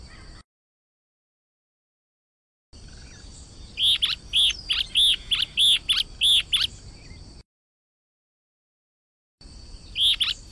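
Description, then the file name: Yellow-bellied elaenia song: a quick series of about ten harsh, burry notes in under three seconds, over a steady high insect-like hum. "Canto do Guaracava de barriga amarela"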